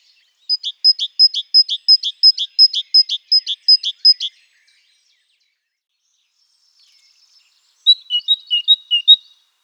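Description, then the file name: Great tit song: a rapid series of sharp two-note phrases repeated steadily for several seconds, a pause, then a shorter series of a different, lower two-note phrase. "parus major"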